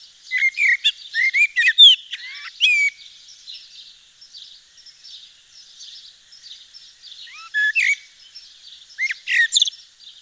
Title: Sylvain Jaskowiak - Mes piafs. Merle noir dans le Nord